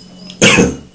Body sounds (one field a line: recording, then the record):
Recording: coughing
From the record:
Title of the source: Spring Cold Coughing.